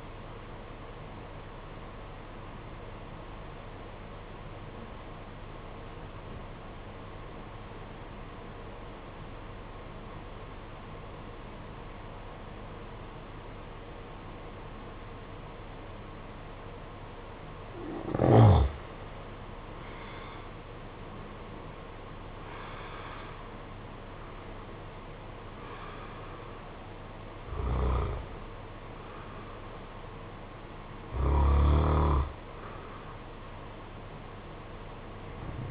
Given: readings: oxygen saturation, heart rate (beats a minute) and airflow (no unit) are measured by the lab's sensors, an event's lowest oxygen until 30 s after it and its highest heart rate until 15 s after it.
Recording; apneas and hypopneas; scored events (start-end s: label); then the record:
breathing in sleep by a voice recorder at the bedside; 1
3.00-19.30 s: obstructive apnea (N1, oxygen 95% highest, then 85% lowest, heart rate 54 at the start, 63 highest)
From the record:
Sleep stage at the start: N1 (lightest sleep); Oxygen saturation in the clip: 86 to 95%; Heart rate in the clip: 54 to 63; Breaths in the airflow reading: 5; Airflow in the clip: -7.9 to 13.7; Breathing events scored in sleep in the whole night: 476 in 9.7 hours asleep